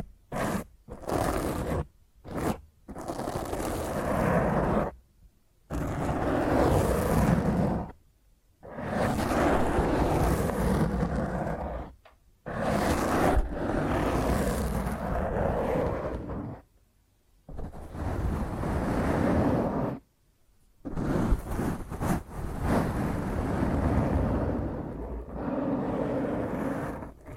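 Rough, dense fingernail scratching on a microphone, in harsh bursts of several seconds separated by brief silences, with occasional quick short strokes.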